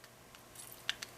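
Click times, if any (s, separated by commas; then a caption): 0.9 s. A folding implement on a multi-tool is opened and locked into position in the handle, giving a sharp bright click at 0.9 s. Two more short clicks follow at about 1.0 s and 1.2 s, and the implement is confirmed locked in place.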